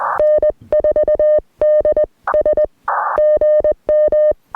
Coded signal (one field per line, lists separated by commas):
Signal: Morse code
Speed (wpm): 20 wpm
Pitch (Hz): 610 Hz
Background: none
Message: N4DS GM